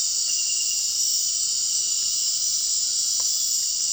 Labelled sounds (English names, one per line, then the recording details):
none
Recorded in dense forest near Puerto Asís, Putumayo, Colombia, on 21 March 2025 at 19:30
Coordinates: 0.499, -76.324
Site GP03